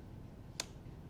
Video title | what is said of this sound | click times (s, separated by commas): Canon C 100 Training Video Camera Build | until you hear that reassuring click and you know that it's soundly and securely in place. | 0.6 s